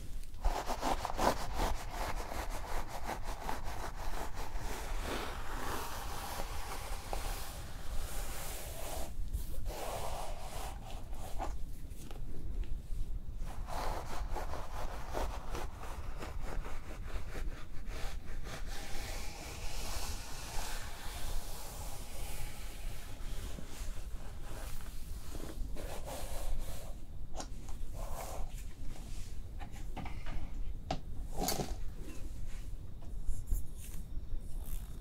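Hair is brushed and styled in a dense, steady stream of soft rubbing and bristle strokes that barely pause. Brief lulls break the texture around 9, 12 to 14 and 25 to 27 seconds, and a sharp bright hiss flares near 31 seconds.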